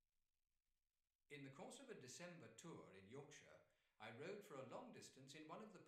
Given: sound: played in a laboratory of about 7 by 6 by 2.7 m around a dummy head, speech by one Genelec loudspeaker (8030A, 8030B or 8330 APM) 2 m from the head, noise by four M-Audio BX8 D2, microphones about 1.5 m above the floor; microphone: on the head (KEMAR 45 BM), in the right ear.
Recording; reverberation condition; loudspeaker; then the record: male speech in English; medium; 90 degrees to the right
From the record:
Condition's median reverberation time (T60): about 510 ms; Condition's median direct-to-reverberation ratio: about -0.5 dB